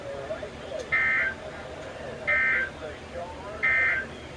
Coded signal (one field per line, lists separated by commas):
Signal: Emergency Alert System (SAME) tones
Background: speech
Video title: Floods And Storms! (EAS 255-284)